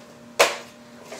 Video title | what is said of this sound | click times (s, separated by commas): BUBBLE LAWNMOWER ASSEMBLY AND HOW TO USE | snaps into place like that if you want to remove it the same principle stick a screwdriver in there poke those parts in | 0.4 s